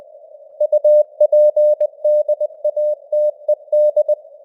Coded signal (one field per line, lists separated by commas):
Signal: Morse code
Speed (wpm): 20 wpm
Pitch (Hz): 600 Hz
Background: none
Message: UPDATED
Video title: Morse Code News | 2025-11-04 | 20wpm